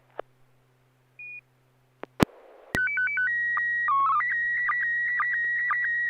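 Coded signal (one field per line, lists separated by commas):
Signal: SSTV (slow-scan television)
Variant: PD120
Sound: radio clicks, then alternating warbling tones, a steady whistle, chirpy code, then scanning warble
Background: radio squelch bursts, hum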